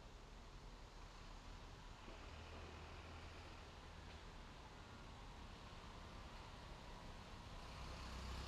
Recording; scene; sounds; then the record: everyday scene through a hearing-aid microphone; in traffic; traffic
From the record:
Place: main road on the outskirts, rush hour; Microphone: in the ear canal, left